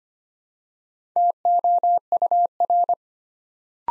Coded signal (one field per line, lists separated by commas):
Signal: Morse code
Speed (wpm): 25 wpm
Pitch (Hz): 700 Hz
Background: none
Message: TOUR